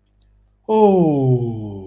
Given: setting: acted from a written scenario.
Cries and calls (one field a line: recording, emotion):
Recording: vocal sound without words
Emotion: realization